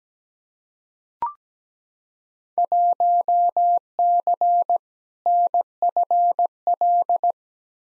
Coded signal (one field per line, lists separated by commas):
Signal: Morse code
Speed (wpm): 17 wpm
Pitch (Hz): 700 Hz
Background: none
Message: 1C NFL